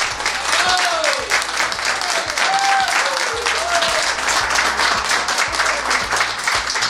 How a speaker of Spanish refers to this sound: Sí, estamos al aire de Radio Municipal Santa Rosa y tenemos visitas. Tenemos visitas de Maisonave, nada más y nada menos. Bienvenidos. A ver, quiero que hagan un aplauso, a ver, para que sepan.